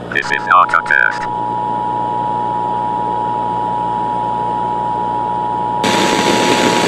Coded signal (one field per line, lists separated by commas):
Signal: Emergency Alert System (SAME) tones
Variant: 853 and 960 Hz attention tone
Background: speech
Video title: The Great War - A Fallout inspired EAS scenario